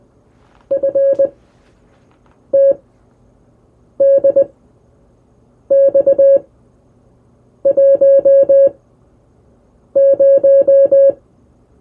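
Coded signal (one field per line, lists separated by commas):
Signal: Morse code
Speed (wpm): 20 wpm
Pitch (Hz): 550 Hz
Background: music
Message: FTDX10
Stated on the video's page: Morse illustrating a typical first CW QSO on the air.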